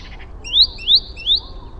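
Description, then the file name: Great tit call: three clear, sharp, high rising notes, evenly spaced, over faint low background hum. "Parus major"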